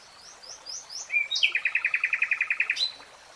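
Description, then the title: Nightingale song: soft rising notes leading into a loud, quick, evenly repeated series of chuckling notes, ending abruptly. Nightingale singing, recorded in real time. "[Tiếng chim hót] 3 Hours REALTIME Nightingale Singing"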